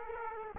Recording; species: mosquito wingbeat signal from an infrared sensor; Aedes aegypti